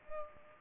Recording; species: mosquito wingbeat signal from an infrared sensor; Culex pipiens